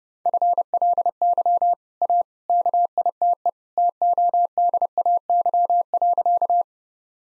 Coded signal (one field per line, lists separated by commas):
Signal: Morse code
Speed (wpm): 30 wpm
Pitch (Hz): 700 Hz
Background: none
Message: FLY A KITE TODAY.